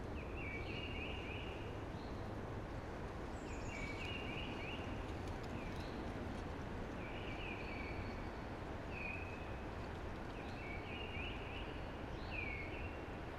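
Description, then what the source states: Eurasian blackbird song, a series of mellow warbled phrases with short gaps under a continuous rushing background. Early blackbird singing amongst hushing conifers.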